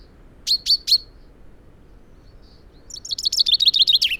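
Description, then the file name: Common chaffinch: three sharp high notes, then a pause and a rapid run of notes at the end. "Fringilla coelebs"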